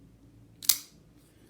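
A folding knife is flicked open and its lock bar, with a tungsten lock interface, snaps into the engaged position behind the blade tang. A faint lead-in tick at 0.6 s is followed by one sharp, bright click at 0.7 s, whose ringing tail fades by about 0.9 s. The lock is seated, and its tungsten interface gives it a different sound from titanium or steel.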